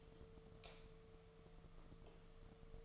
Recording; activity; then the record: daily activity, microphone in the room; light off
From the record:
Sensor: 4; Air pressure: 1015.6 hPa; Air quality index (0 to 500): 183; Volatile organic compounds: 8 ppm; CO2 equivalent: 2118 ppm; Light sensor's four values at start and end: 15/36/14/14 and 14/32/13/13